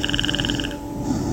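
A fast, rattling train of throat clicks, about 20 per second with a high buzzy edge, lasts under a second, then fades into quiet room noise. It is a croaking, clicking noise made during sleep, unlike an ordinary snore.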